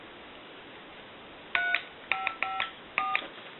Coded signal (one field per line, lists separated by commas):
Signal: DTMF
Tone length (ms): 150 ms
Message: 3554